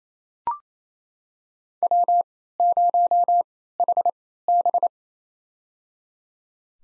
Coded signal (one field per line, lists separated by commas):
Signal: Morse code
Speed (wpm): 27 wpm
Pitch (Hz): 700 Hz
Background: none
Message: W0HB